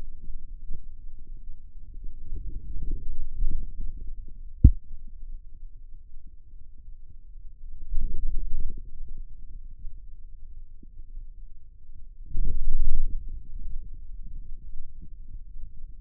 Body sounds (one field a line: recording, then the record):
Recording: forearm muscle sounds (acoustic myography)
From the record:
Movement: outward rotation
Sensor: system 2, bracelet of six BSWA MPA416 microphones around the upper forearm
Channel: 4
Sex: male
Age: 22 years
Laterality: right